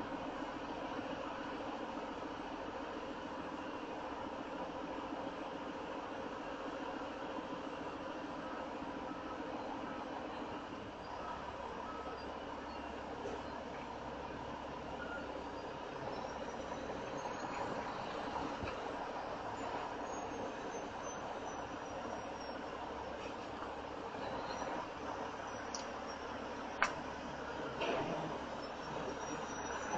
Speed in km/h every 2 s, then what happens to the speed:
5, 3, 3, 3, 3, 3, 0, 0, 0, 5, 5, 2, 2, 0, 0.
0-11 steady at about 3. 11-16 standing. 16-22 steady at about 2. 22-28 standing.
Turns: none.